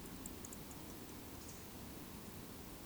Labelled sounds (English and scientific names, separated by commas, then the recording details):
Eurasian Woodcock (Scolopax rusticola) whistle
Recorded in Baden-Württemberg, Germany, on 28 May 2020 at 20:13 UTC
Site 31917, 145 m above sea level